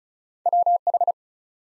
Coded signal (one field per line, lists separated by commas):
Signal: Morse code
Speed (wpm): 36 wpm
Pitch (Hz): 700 Hz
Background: none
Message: WH